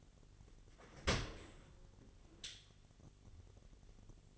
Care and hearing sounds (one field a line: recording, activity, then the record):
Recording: daily activity, microphone in the room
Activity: open dishwasher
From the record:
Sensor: 4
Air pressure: 1007.5 hPa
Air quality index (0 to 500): 199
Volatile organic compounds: 7 ppm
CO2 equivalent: 1988 ppm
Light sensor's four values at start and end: 22/70/27/26 and 22/70/27/26